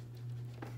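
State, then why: Not seated. A T foot is being handled onto the presser foot shank of a Janome Memory Craft 9850 sewing machine, over a steady low hum. A brief soft sound of the part being handled comes at 0.6 s, but nothing has seated or snapped into place yet.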